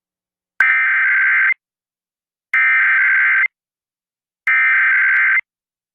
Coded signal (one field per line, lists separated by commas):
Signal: Emergency Alert System (SAME) tones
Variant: header bursts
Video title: [EAS #2025-#2029] The First San Diego Monthly Tests & KPWR Weekly Test for 2023